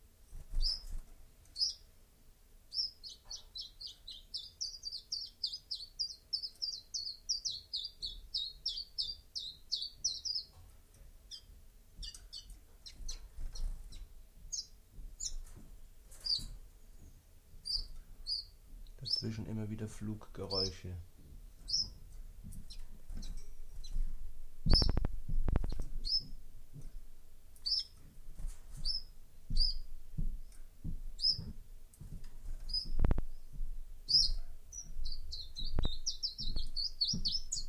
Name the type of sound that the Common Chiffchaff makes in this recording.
song